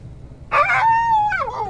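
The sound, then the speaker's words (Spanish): A dog lets out one drawn-out howl that begins rough and raspy, settles into a steady high tone, then slides downward in pitch as it trails off, with no one talking. “Lo estoy escuchando. No sé si mi perro es.”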